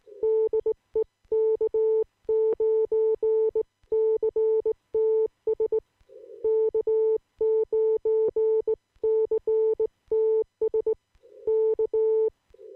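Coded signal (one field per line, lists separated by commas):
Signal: Morse code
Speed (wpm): 18 wpm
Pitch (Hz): 440 Hz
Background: none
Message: DE K9CTS K9CTS K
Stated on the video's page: Amateur CW CQ call from Wisconsin.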